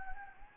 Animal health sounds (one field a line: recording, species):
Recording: mosquito wingbeat signal from an infrared sensor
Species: Anopheles gambiae